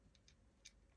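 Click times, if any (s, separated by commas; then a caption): 0.3 s, 0.7 s. Two small plastic parts are fitted one after the other into a dark model housing, and both click into place. Two short, bright clicks are heard at 0.3 s and 0.7 s, the second louder, over a low steady background hum, with a fainter tick near 0.2 s.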